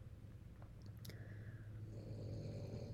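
Low, steady rumbling snore from a sleeping dog, an ordinary harmless sound during sleep.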